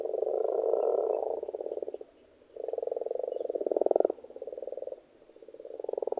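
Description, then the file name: Frogs giving loud rattling croak trills in waves, with brief pauses between bursts of fast pulses. Frogs in a pond. "benboncan frogs-in-a-pond"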